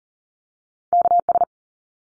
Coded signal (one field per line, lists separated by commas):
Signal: Morse code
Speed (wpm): 40 wpm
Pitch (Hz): 700 Hz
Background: none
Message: KS